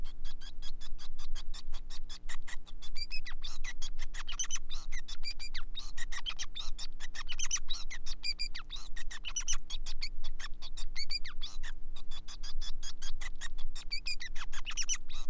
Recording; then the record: song of a male Bengalese finch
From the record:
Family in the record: son of father 5